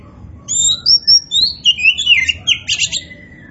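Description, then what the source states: Oriental magpie-robin song: a brief run of clear high whistles sliding into buzzy chattering notes. Indonesian name kacer poci; described as gacor, singing actively.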